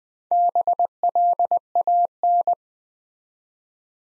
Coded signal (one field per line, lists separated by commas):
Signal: Morse code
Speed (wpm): 20 wpm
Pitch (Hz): 700 Hz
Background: none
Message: BLAN